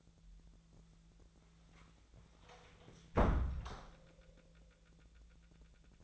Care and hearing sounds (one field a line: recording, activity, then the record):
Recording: daily activity, microphone in the room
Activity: close door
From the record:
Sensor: 3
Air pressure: 1000.4 hPa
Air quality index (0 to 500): 179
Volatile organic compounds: 4 ppm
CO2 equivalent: 1556 ppm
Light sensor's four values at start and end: 13/32/13/14 and 13/31/13/14